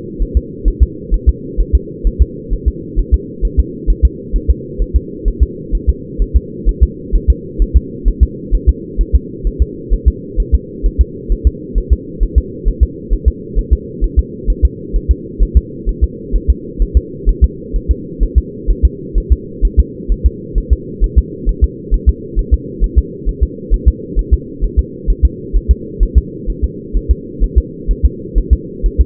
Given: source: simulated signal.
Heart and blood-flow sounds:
fetal heart sounds
0.22 s: S1
0.37 s: S2
0.68 s: S1
0.83 s: S2
1.14 s: S1
1.29 s: S2
1.60 s: S1
1.75 s: S2
2.07 s: S1
2.22 s: S2
2.53 s: S1
2.68 s: S2
2.99 s: S1
3.14 s: S2
3.45 s: S1
3.60 s: S2
3.90 s: S1
4.05 s: S2
4.36 s: S1
4.50 s: S2
4.82 s: S1
4.96 s: S2
5.28 s: S1
5.43 s: S2
5.75 s: S1
5.89 s: S2
6.22 s: S1
6.36 s: S2
6.69 s: S1
6.83 s: S2
7.15 s: S1
7.30 s: S2
7.62 s: S1
7.77 s: S2
8.08 s: S1
8.23 s: S2
8.54 s: S1
8.69 s: S2
9.01 s: S1
9.16 s: S2
9.47 s: S1
9.62 s: S2
9.94 s: S1
10.08 s: S2
10.40 s: S1
10.55 s: S2
10.86 s: S1
11.01 s: S2
11.32 s: S1
11.47 s: S2
11.78 s: S1
11.93 s: S2
12.23 s: S1
12.38 s: S2
12.68 s: S1
12.83 s: S2
13.13 s: S1
13.28 s: S2
13.59 s: S1
13.73 s: S2
14.04 s: S1
14.19 s: S2
14.50 s: S1
14.65 s: S2
14.96 s: S1
15.11 s: S2
15.42 s: S1
15.57 s: S2
15.89 s: S1
16.04 s: S2
16.36 s: S1
16.50 s: S2
16.82 s: S1
16.97 s: S2
17.29 s: S1
17.44 s: S2
17.76 s: S1
17.91 s: S2
18.23 s: S1
18.38 s: S2
18.70 s: S1
18.85 s: S2
19.18 s: S1
19.32 s: S2
19.65 s: S1
19.79 s: S2
20.12 s: S1
20.26 s: S2
20.58 s: S1
20.73 s: S2
21.04 s: S1
21.18 s: S2
21.49 s: S1
21.64 s: S2
21.94 s: S1
22.09 s: S2
22.39 s: S1
22.54 s: S2
22.84 s: S1
22.98 s: S2
23.29 s: S1
23.43 s: S2
23.74 s: S1
23.88 s: S2
24.19 s: S1
24.34 s: S2
24.64 s: S1
24.79 s: S2
25.10 s: S1
25.25 s: S2
25.56 s: S1
25.71 s: S2
26.03 s: S1
26.18 s: S2
26.50 s: S1
26.64 s: S2
26.97 s: S1
27.11 s: S2
27.44 s: S1
27.58 s: S2
27.91 s: S1
28.06 s: S2
28.38 s: S1
28.53 s: S2
28.86 s: S1
29.01 s: S2
From the record:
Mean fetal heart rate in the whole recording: 130 bpm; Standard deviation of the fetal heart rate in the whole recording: 2 bpm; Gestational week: 36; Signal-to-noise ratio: -4.1 dB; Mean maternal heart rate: no maternal heart sound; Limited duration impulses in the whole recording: absent

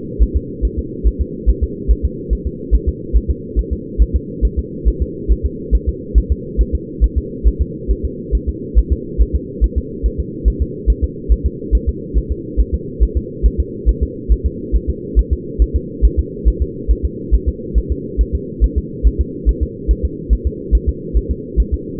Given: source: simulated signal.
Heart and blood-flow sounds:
fetal heart sounds
0.22 s: S1
0.36 s: S2
0.65 s: S1
0.79 s: S2
1.07 s: S1
1.21 s: S2
1.50 s: S1
1.63 s: S2
1.91 s: S1
2.05 s: S2
2.33 s: S1
2.47 s: S2
2.75 s: S1
2.89 s: S2
3.16 s: S1
3.31 s: S2
3.59 s: S1
3.73 s: S2
4.02 s: S1
4.16 s: S2
4.45 s: S1
4.59 s: S2
4.88 s: S1
5.02 s: S2
5.31 s: S1
5.46 s: S2
5.75 s: S1
5.89 s: S2
6.18 s: S1
6.32 s: S2
6.61 s: S1
6.75 s: S2
7.04 s: S1
7.18 s: S2
7.47 s: S1
7.62 s: S2
7.91 s: S1
8.05 s: S2
8.35 s: S1
8.49 s: S2
8.78 s: S1
8.92 s: S2
9.21 s: S1
9.35 s: S2
9.64 s: S1
9.78 s: S2
10.06 s: S1
10.20 s: S2
10.48 s: S1
10.62 s: S2
10.90 s: S1
11.04 s: S2
11.32 s: S1
11.46 s: S2
11.75 s: S1
11.89 s: S2
12.18 s: S1
12.32 s: S2
12.60 s: S1
12.74 s: S2
13.03 s: S1
13.17 s: S2
13.46 s: S1
13.60 s: S2
13.89 s: S1
14.03 s: S2
14.32 s: S1
14.46 s: S2
14.75 s: S1
14.89 s: S2
15.19 s: S1
15.33 s: S2
15.62 s: S1
15.76 s: S2
16.05 s: S1
16.19 s: S2
16.48 s: S1
16.62 s: S2
16.91 s: S1
17.05 s: S2
17.34 s: S1
17.48 s: S2
17.78 s: S1
17.92 s: S2
18.21 s: S1
18.35 s: S2
18.64 s: S1
18.78 s: S2
19.07 s: S1
19.21 s: S2
19.49 s: S1
19.63 s: S2
19.91 s: S1
20.05 s: S2
20.33 s: S1
20.47 s: S2
20.75 s: S1
20.89 s: S2
21.17 s: S1
21.31 s: S2
21.60 s: S1
21.74 s: S2
From the record:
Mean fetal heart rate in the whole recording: 140 bpm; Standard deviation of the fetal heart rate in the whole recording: 2 bpm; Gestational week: 34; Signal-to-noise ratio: -4.1 dB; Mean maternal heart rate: no maternal heart sound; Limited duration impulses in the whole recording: absent

